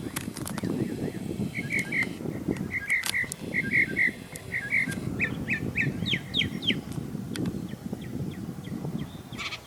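Bird song of short chirped notes in a loose series over steady low rumbling background noise, with upward-sweeping notes toward the middle.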